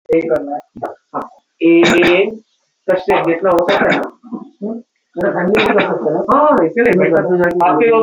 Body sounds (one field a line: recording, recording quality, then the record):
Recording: shallow voluntary cough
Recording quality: poor, much background noise or distortion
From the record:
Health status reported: exposed to COVID-19, no respiratory illness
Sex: male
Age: 31 years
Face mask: not worn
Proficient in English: yes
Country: India